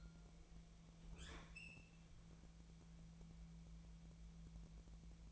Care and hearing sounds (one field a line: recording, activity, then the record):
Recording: daily activity, microphone in the room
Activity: open fridge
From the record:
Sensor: 1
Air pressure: 1000.0 hPa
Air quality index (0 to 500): 136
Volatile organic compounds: 2 ppm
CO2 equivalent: 1282 ppm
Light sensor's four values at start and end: 36/90/38/46 and 36/90/38/47